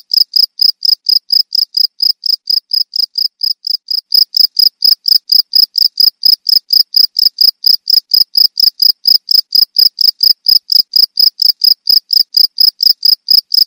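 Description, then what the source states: Field cricket chirping: short, high, even pulses repeated in a steady rhythm, with no other sounds. Field cricket of rice fields, Indonesian name jangkrik sawah.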